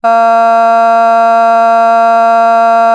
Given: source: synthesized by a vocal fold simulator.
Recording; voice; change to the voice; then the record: sustained vowel; female; vocal strain, level 4 of 10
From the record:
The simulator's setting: 0.33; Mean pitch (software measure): 229 Hz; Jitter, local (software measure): 0.24%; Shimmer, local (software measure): 0.9%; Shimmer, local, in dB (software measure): 0.08 dB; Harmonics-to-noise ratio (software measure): 32.5 dB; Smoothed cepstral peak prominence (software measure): 21.2 dB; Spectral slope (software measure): -18.5 dB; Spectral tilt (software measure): -8.0 dB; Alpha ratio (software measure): -9.0 dB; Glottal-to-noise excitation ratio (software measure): 0.993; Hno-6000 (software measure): 2.1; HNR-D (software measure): 46.8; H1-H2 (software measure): 2.3 dB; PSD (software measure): 1.3e-05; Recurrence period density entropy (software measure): 0.128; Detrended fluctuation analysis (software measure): 0.0111